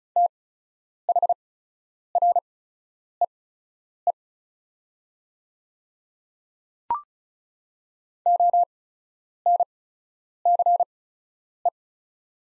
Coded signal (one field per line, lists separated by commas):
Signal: Morse code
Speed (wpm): 34 wpm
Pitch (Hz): 700 Hz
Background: none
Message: THREE ONCE